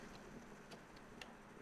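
A light kit piece for a TRX4m Pro scale RC trailer is pressed into the trailer, with faint ticks over a low background hum. A sharp click at 1.2 seconds marks the piece snapping into place, seated.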